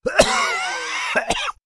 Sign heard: Male Cough.